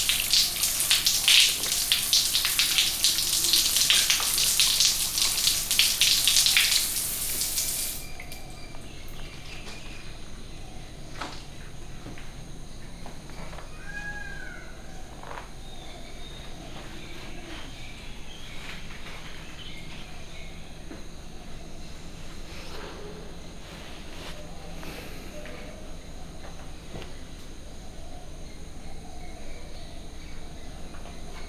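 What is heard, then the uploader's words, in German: Jungle ambience opens with a loud, dense hiss like rushing water or heavy insect noise that stops abruptly around eight seconds. After that, a quieter forest bed remains, with scattered bird calls, a few brief chirps near fifteen seconds, and occasional soft knocks and rustles. Immersive Binaural 3D Sounds of Haritha Villas+Spa - Hikkaduwa, Sri Lanka. Die akustische Welt des Dschungels.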